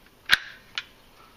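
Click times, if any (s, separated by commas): 0.3 s, 0.8 s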